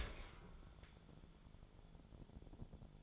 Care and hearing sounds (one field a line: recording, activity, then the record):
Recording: daily activity, microphone in the room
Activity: open dishwasher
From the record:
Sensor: 5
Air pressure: 1015.1 hPa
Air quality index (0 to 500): 155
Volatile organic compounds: 4 ppm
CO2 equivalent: 1669 ppm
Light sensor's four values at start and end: 37/87/35/37 and 38/91/37/39